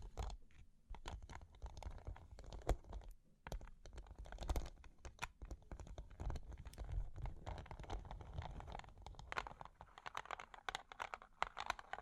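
Long claws tap and scratch in a quick, irregular stream of sharp clicks, like fast typing on a keyboard. Louder taps punctuate the run around two and four and a half seconds, with a faint low rumble and crinkly scraping between them.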